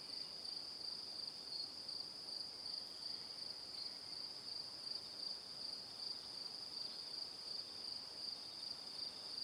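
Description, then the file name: Cricket chirping, a steady high-pitched pulsing trill, continuous throughout, with a faint higher overtone and a soft background hiss. Evening. "Calm - Evening Crickets"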